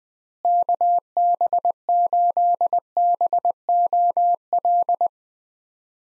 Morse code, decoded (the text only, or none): KB8BOL